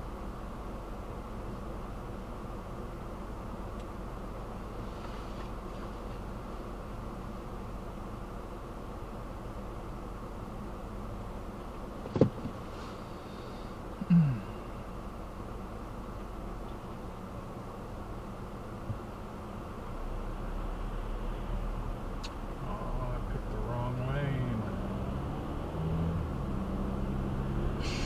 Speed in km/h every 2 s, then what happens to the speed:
0, 0, 0, 0, 0, 0, 0, 0, 0, 0, 0, 0, 0, 21.
0-24 standing. 24-28 pulls away to 21.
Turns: none.